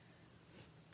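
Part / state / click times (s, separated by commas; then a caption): snap-on lid onto a plastic product container / not seated / none. A snap-on top is pressed back onto a small citrus-scented plastic product container, which is then set on the floor. Only a steady, faint low hum and hiss are heard, with a single faint knock near 0.9 s at the very end. The lid has not snapped shut, and nothing has clicked yet.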